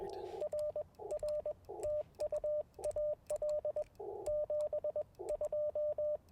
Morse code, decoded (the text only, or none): R R TU AL 72